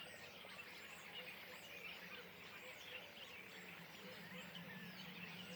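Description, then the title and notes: Common starling flock chattering continuously, a dense mix of whistles, clicks and squeaky notes overlapping throughout, with a steady low hum beneath. Flock perched in trees beside the Louroux pond, Le Louroux, Loches, Indre-et-Loire, France; recorded with Sennheiser MKH8020 ORTF stereo pair and Sound Devices MixPre6 II. "Le Louroux, Loches, Indre-et-Loire, Centre-Val de Loire, France métropolitaine, 37240, France - étourneaux sansonnet dans les arbres. Nuée d'étourneaux posés dans un arbre aux abords de l'étang du louroux"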